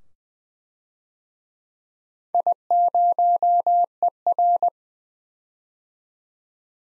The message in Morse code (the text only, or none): I0ER